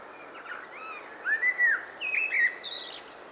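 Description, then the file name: Common blackbird giving soft fluty whistled phrases with slurred rising and falling notes, ending in thinner high squeaks, over a steady background hiss. "Turdus merula"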